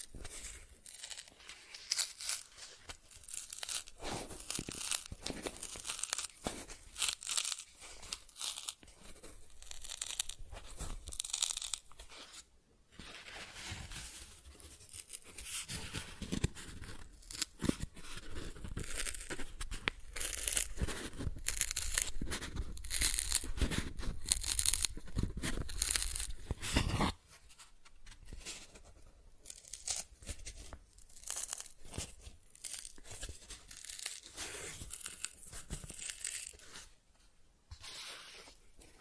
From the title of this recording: Cardboard Scratching, Tracing, Tearing